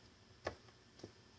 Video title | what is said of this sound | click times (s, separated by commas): Wireless mic and sound system for speakers. | give it a little plug push down and sometimes you hear it click here we go I don't know if you could hear that or not it's very slight but you can feel it | 0.5 s